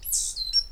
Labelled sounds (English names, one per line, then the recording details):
Stitchbird song
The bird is a male
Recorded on Tiritiri Matangi Island, New Zealand, in 2005
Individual 8, of nest box 10